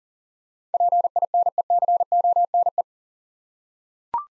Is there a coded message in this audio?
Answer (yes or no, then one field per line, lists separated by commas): yes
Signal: Morse code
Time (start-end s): 0.7-2.8 s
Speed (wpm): 39 wpm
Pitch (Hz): 700 Hz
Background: none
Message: PINECONE